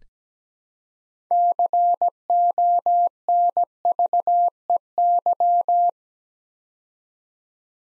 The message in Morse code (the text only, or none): CONVEY